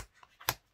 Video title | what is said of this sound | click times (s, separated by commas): TUTO ALBUM COTTAGE HEART - BLOC 4 PAGE 7 | Et tout ça s'emboîte bien l'un dans l'autre pour pouvoir fermer avec notre aimant. | 0.5 s